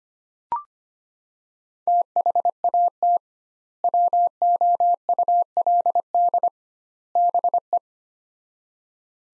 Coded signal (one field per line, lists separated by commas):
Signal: Morse code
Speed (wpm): 25 wpm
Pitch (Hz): 700 Hz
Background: none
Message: THAT WOULD BE